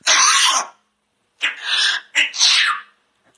There's a few where it can mimic the sound of a person having a cold. Bird coughing and sneezing compilation.